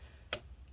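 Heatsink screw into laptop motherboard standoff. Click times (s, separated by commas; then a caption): 0.3 s. A heatsink screw on a Lenovo Legion S7 15ACH6 laptop is twisted backwards against its motherboard standoff until it clicks into the start of the thread, before being tightened. A single short, sharp click lands at 0.3 s over a low steady background hum. The screw seats into the thread.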